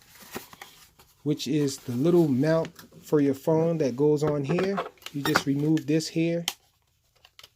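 A small plastic phone mount for a Syma W1 Pro drone's transmitter is handled while someone talks, with a cover piece being removed from the spot it will go. Faint taps and light handling clicks are heard around the speech. The mount is meant to slide onto the transmitter and snap in place to hold a cell phone, but nothing has seated or clicked yet.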